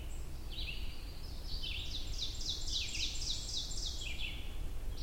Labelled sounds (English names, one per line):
Ovenbird song